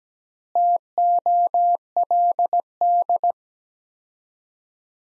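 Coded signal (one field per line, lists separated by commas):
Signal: Morse code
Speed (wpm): 17 wpm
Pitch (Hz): 700 Hz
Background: none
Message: TOLD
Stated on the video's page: Morse practice sentences from the top 400 words at 17 wpm with 4x standard word spacing, a Farnsworth-like drill for head-copying.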